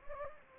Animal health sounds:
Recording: mosquito wingbeat signal from an infrared sensor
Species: Anopheles gambiae

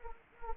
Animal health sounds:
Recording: mosquito wingbeat signal from an infrared sensor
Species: Anopheles gambiae

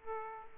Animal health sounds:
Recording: mosquito wingbeat signal from an infrared sensor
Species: Aedes aegypti

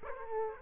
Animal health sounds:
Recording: mosquito wingbeat signal from an infrared sensor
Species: Aedes aegypti

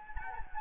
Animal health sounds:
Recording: mosquito wingbeat signal from an infrared sensor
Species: Anopheles gambiae

